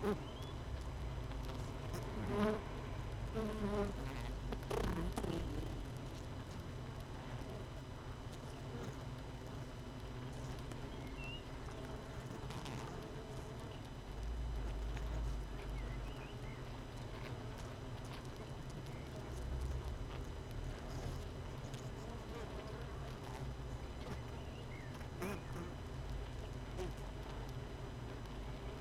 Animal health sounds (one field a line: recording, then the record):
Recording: honeybee colony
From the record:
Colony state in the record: missing queen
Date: 31 May 2018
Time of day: 7:21